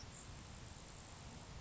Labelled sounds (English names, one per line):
Grasshopper Sparrow